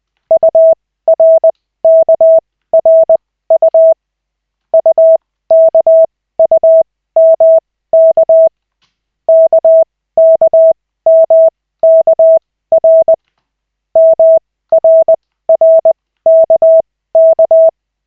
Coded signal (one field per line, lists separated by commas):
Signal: Morse code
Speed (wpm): 20 wpm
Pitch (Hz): 650 Hz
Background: none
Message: URKRU UKUMK KKMKR MRRKK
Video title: Koch 3/40, 16.12.2024, 2nd CW practice session